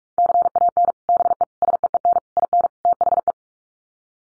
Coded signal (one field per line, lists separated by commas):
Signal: Morse code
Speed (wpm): 44 wpm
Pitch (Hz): 700 Hz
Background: none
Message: CAN BE SEEN IN THE